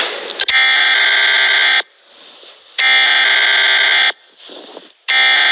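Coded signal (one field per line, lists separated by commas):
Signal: Emergency Alert System (SAME) tones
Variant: header bursts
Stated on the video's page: Fake EAS mock Amber Alert for a fictional place.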